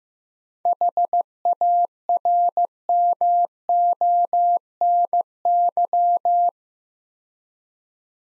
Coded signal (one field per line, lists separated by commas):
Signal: Morse code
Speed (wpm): 15 wpm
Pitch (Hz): 700 Hz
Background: none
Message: HARMONY